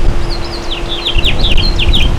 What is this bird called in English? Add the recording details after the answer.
House Finch. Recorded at Merrick on Long Island, New York, on 17 May 2013. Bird B